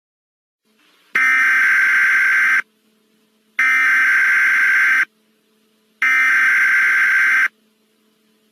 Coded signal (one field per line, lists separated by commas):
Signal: Emergency Alert System (SAME) tones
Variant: header bursts